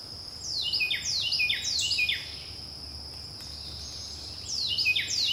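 Wren singing bursts of quick, ringing down-slurred notes, a phrase of several rolled syllables, a pause, then another, over a constant thin high whine.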